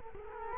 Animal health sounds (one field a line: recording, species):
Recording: mosquito wingbeat signal from an infrared sensor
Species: Culex quinquefasciatus